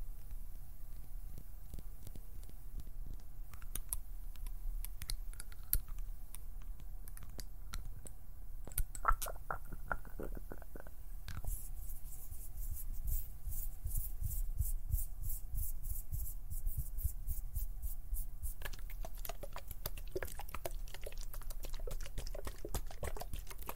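Plucking, pinching and finger fluttering make a run of dry, close-packed clicks and ticks over a soft low rumble. A few short tonal plucks ring around nine to ten seconds, then from about eleven seconds the taps become denser and brighter, turning into rapid fluttering toward the end.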